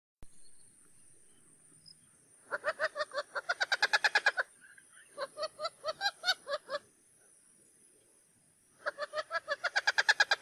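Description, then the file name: Wattled jacana giving three bursts of fast, harsh, nasal chattering notes, each lasting one to two seconds, separated by pauses. "CANTO-DO-JAÇANÂ-Jacana-jacana-Wattled-Jacana"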